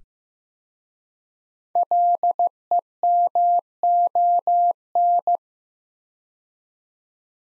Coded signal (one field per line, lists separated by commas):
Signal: Morse code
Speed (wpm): 15 wpm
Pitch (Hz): 700 Hz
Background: none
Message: LEMON